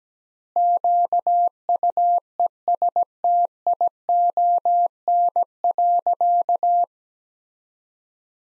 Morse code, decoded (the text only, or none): QUESTION.